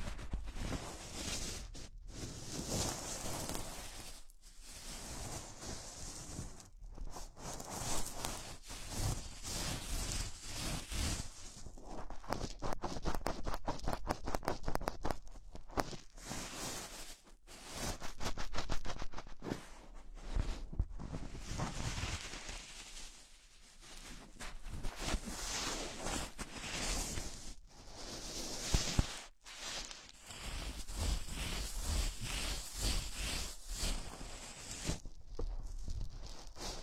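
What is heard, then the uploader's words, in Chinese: Gloves rub and crinkle in a string of handling sessions, the rustle dense and crackly, with a run of quick, papery crackles between about 10 and 16 seconds. Brief pauses break the sound near 2, 4, 17, 23 and 29 seconds. 手套 使用6种不同手套为你耳膜按摩。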